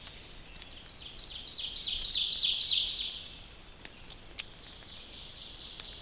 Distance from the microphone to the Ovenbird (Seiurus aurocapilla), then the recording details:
about 25 m. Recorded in boreal forest in Alberta, Canada, on 29 May 2016 at 07:25. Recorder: SongMeter 3, array SBT-3-49. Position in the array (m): 55 m, 262 m. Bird 14